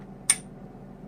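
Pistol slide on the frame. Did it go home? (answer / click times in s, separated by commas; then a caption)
yes / 0.3 s. A pistol slide on the frame is drawn back slightly during disassembly, after the trigger has been pulled, until it clicks into takedown position so the takedown pieces can be pulled down. A single short, sharp click lands at 0.3 s above a low, steady background hum. The slide is seated in takedown position.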